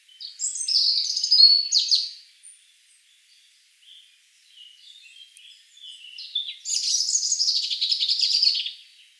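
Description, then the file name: European robin song in two phrases: an opening jumble of high warbled notes, a quiet pause with soft notes, then a fast rattling trill-like phrase. "Erithacus rubecula"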